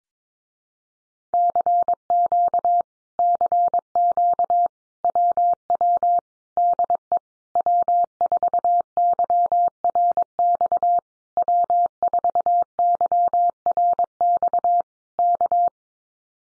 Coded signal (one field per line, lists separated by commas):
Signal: Morse code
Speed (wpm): 22 wpm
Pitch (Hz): 700 Hz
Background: none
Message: CQ CQ WW DE W4YRX W4YRX K